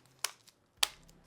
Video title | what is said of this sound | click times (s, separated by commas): $69.99 Custom DIY Keyboard Kit Worth It?! | It should just snap right in, I think. There we go. | 0.2 s, 0.8 s